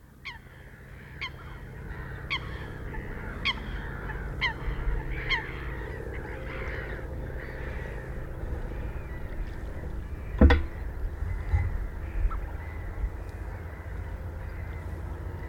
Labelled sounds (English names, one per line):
Eurasian Coot call